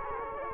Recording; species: mosquito wingbeat signal from an infrared sensor; Culex quinquefasciatus